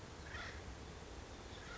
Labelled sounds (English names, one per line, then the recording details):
Acorn Woodpecker
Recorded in Sonoma County, California